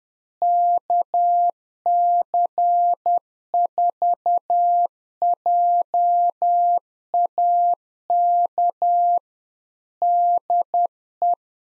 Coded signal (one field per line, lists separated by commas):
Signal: Morse code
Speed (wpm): 10 wpm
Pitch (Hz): 700 Hz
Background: none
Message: KC4JAK DE